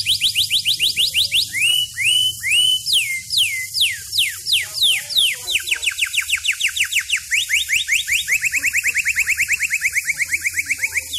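Bird song: a fast, varied stream of sharp downslurred whistles and looping notes, ending in a long, rapid, steady trill of repeated clear notes.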